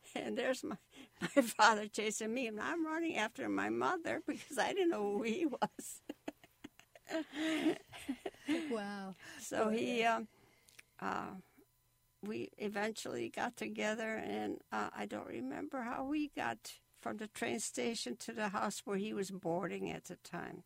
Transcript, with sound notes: And there's my father chasing me and I'm running after my mother because I didn't know who he was. (laughs)
Wow.
So he – we eventually got together and I don't remember how we got from the train station to the house where he was boarding at the time.